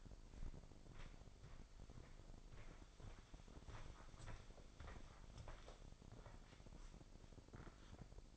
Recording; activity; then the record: daily activity, microphone in the room; walk to room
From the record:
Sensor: 5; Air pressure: 995.7 hPa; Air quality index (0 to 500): 107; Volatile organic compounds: 8 ppm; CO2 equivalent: 2073 ppm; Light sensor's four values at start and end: 38/93/37/38 and 37/88/36/37